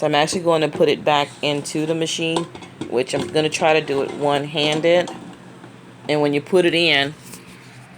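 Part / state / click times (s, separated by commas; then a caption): fryer basket into air fryer housing / not seated / none. A filled fryer basket is handled one-handed to go back into the housing of a Zelancio Titan-X1 air fryer while someone talks throughout. No distinct impact stands out over the voice. Nothing has seated or clicked yet; the basket has not gone home.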